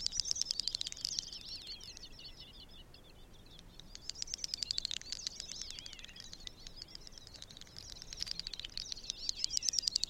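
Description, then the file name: Great snipe display sounds: fast clicking rattles blended with high bubbling, warbling twitters, coming in repeated bouts. "Dubbelbeckasin"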